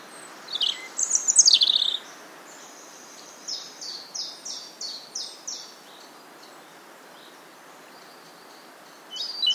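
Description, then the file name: European robin gives a high sweeping phrase, then a softer run of repeated high notes, another brief note at the end; steady background hiss throughout. "Erithacus rubecula"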